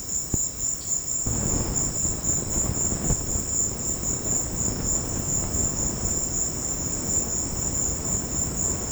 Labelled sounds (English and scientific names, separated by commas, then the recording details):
none
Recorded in secondary vegetation near Puerto Asís, Putumayo, Colombia, on 19 March 2025 at 16:30
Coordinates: 0.484, -76.319
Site G010